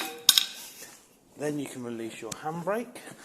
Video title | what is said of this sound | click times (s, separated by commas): FC19082 2020 SPRITE MAJOR 4EB | engage it into the wheel until you hear the clunk. | 0.3 s